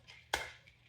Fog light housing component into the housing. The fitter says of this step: And it clips right into place right there.